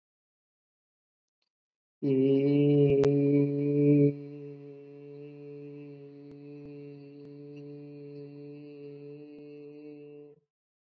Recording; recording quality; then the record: sustained vowel as in made; excellent, no background noise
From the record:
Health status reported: COVID-19 positive, mild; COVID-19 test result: positive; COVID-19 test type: RT-PCR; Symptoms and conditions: cough, cold, muscle pain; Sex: male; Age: 25 years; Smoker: no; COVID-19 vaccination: both doses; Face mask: worn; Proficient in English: yes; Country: India